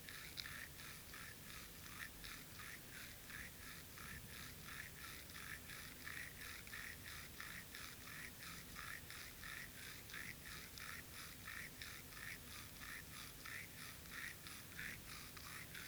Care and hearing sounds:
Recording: daily activity, guitar pickup as the sensor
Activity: brush teeth

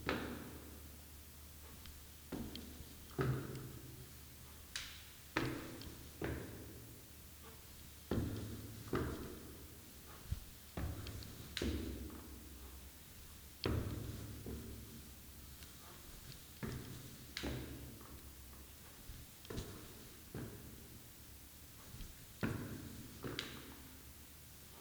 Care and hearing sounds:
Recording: daily activity, guitar pickup as the sensor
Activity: go upstairs

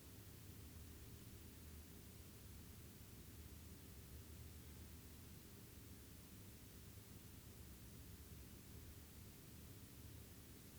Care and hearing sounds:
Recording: daily activity, guitar pickup as the sensor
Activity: sit

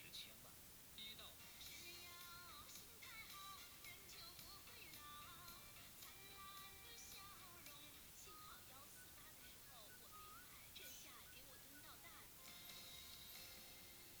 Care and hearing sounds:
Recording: daily activity, guitar pickup as the sensor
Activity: browse video

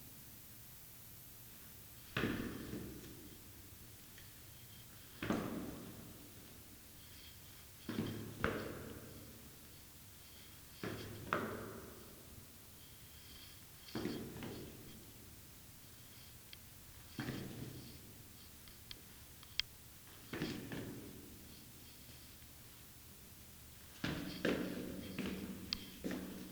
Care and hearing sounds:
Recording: daily activity, guitar pickup as the sensor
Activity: go downstairs

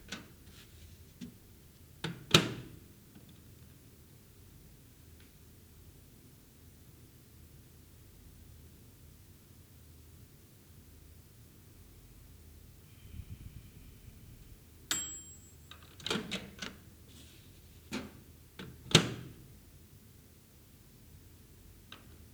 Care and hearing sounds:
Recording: daily activity, guitar pickup as the sensor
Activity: use microwave

